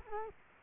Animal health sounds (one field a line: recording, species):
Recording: mosquito wingbeat signal from an infrared sensor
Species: Culex quinquefasciatus